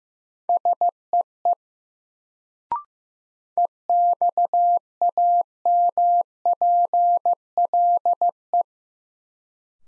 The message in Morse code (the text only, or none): SEE EXAMPLE